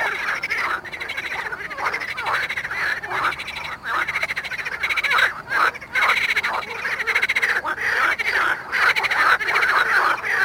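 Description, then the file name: Marsh frog chorus, loud pulsed croaking bursts repeated irregularly, many frogs calling together throughout. Recorded at Mali lag, Botevgrad, Bulgaria. "Pelophylax ridibundus at Mali lag, Botevgrad, Bulgaria"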